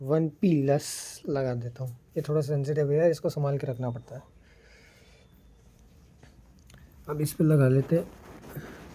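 A man talks while handling a plug that is to be pushed into a socket, with a few faint ticks and rustles between about 5.8 and 6.9 seconds during a quiet stretch. The clip ends before the plug goes home, and nothing has seated or clicked yet.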